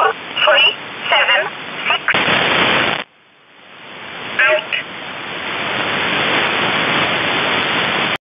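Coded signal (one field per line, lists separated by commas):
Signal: numbers station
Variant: E11 Oblique, English voice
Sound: a few short spoken words through radio hiss, then loud static with one more brief word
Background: radio static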